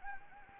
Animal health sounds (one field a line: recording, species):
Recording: mosquito wingbeat signal from an infrared sensor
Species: Anopheles gambiae